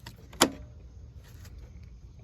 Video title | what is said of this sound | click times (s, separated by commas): 2016 Lexus RX 350 Alternator Replacement | that just snapped in place right there let me show you this one | 0.4 s